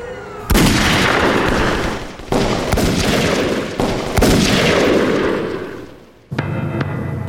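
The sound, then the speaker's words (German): A burst of heavy gunfire: several loud, sharp cracks at irregular intervals, each trailing into a dense, roaring rumble, before it cuts off and a quieter low hum remains. “Beinahe ebenso schnell, wie die Schüsse gefallen waren, gingen die Lichter aus, bis nur noch ein einziges Fenster hoch oben in dem dunklen Block erleuchtet blieb.”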